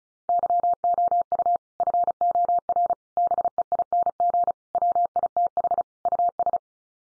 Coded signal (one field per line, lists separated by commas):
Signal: Morse code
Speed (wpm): 34 wpm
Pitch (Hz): 700 Hz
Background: none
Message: YOU FOR BEING WITH US